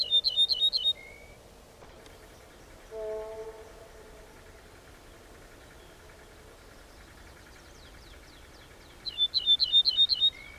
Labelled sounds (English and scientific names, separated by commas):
Ortolan Bunting (Emberiza hortulana) song